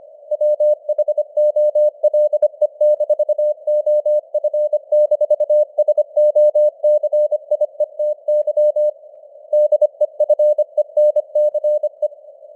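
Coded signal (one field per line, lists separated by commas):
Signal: Morse code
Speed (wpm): 25 wpm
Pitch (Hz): 600 Hz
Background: none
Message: WHOLE-OF-SOCIETY DEFENCE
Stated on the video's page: Morse news headlines at 25wpm with simulated radio noise and varying signal strength (QSB).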